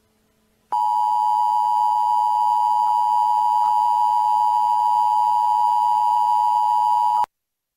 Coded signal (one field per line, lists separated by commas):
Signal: Emergency Alert System (SAME) tones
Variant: 853 and 960 Hz attention tone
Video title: (REUPLOADED) Creepy EAS Broadcast (ORIGINAL)